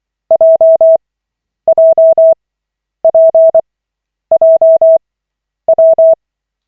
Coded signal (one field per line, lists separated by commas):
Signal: Morse code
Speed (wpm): 24 wpm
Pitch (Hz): 650 Hz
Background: none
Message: JJPJW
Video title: Koch 14/40, 27.01.2025, CW practice session